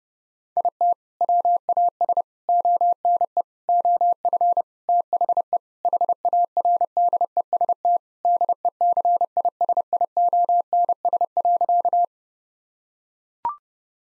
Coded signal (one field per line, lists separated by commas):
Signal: Morse code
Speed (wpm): 32 wpm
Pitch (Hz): 700 Hz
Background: none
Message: IT WAS ONE OF THE HARDEST DECISIONS.